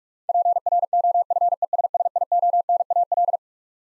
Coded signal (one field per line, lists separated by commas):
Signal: Morse code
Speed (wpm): 46 wpm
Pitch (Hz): 700 Hz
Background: none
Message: PROFESSIONAL